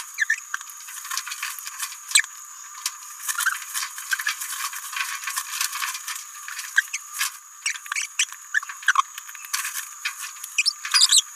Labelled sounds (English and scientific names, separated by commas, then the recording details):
Green-rumped Parrotlet (Forpus passerinus) babbling
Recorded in a nest box in Venezuela
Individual 18B17A3